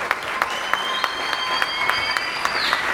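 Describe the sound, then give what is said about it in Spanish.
A crowd claps steadily for a few seconds for a woman representing the struggle of Pedregales de Coyoacán as she is given the floor, a dense wash of hand claps with sharp individual claps popping out at irregular intervals, fairly loud and even throughout. “Un fuerte aplauso para ella, por favor.”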